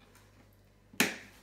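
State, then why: Seated. A plastic fastening latch joining the two shell halves of a Stefanplast Gulliver 1 pet carrier with a plastic door is pressed until it snaps closed. After a quiet lead-in with a faint tap near 0.2 s, a single sharp, loud click lands at 1.0 s and rings down briefly. The latch is seated shut.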